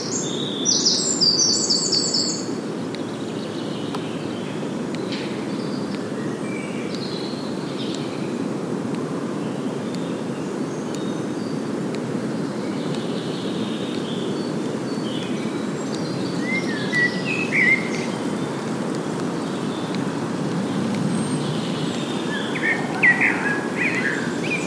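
A woodland soundscape with a steady low rushing hum underneath, dense and unchanging throughout. Scattered bird calls rise above it, a bright trilling burst near the start, then short chirps and whistles around the middle and toward the end.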